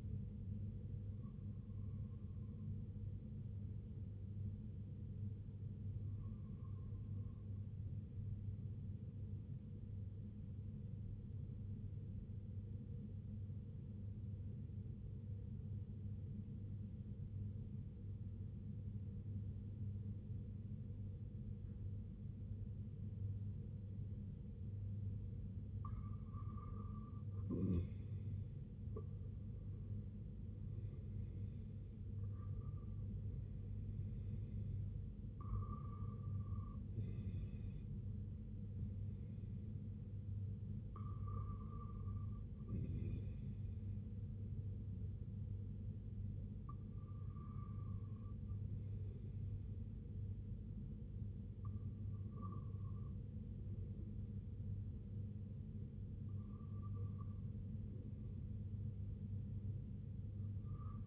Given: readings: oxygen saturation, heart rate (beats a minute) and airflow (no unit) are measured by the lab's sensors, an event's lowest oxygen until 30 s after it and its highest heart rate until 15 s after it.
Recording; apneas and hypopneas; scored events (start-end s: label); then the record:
breathing in sleep by a smartphone at the bedside; 1
12.00-26.60 s: obstructive apnea (REM, oxygen 97% highest, then 93% lowest, heart rate 70 at the start, 81 highest)
From the record:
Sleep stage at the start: REM sleep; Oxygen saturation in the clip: 93 to 97%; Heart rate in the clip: 63 to 81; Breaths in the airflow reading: 9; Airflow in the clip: -10.2 to 9.6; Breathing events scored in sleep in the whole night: 258 in 7.4 hours asleep